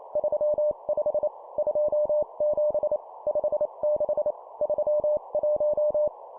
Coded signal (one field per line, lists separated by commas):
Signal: Morse code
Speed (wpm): 28 wpm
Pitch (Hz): 600 Hz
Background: none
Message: 35 27 56 31